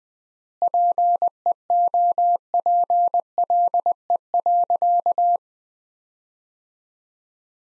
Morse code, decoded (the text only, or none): PEOPLE.